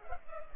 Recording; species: mosquito wingbeat signal from an infrared sensor; Culex pipiens